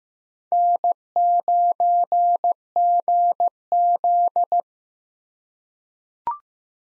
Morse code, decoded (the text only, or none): N9GZ